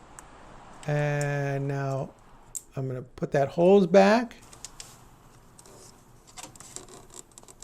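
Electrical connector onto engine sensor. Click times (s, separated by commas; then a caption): 0.2 s. An electrical connector is pushed onto an engine sensor on a 2005 Mazda 3, with a small blue locking clip underneath worked so it catches and seats. A short sharp click sounds at 0.2 s as the connector seats, then someone talks, followed by faint light clicks and scratching.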